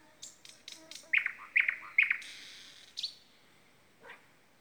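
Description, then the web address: Common nightingale song: a phrase of sharp clicks, then three loud notes, a buzzy stretch and a short low closing note. Common nightingale singing at the blue lakes. "chant du rossignol dans les lacs bleus"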